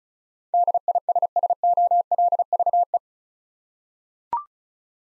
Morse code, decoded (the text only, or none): DISSOLVE